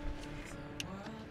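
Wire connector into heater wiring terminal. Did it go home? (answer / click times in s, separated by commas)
yes / 0.8 s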